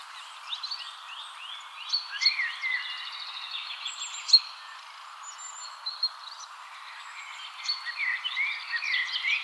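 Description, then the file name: Eurasian nuthatch calls: a quick series of upslurred whistled notes at the start, followed by scattered shorter chirps and varied notes. "Sitta europaea"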